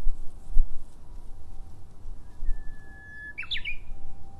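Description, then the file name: Japanese bush warbler song: a long, clear, level whistle followed by a fast, rising twist of sharp notes. Low thuds and a rumble sit underneath. Recorded in 2012. "uguisu 2012"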